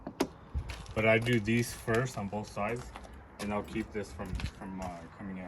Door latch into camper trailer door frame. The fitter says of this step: push the door in and you'll you'll hear a click